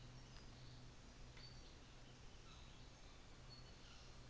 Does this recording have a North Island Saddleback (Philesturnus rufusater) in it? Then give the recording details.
yes. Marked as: faintness 5/5. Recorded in New Zealand on 24 December 2018. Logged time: 13:10